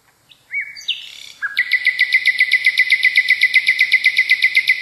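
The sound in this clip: Nightingale song: a few whistled notes, then a long, fast, even trill of loud repeated notes.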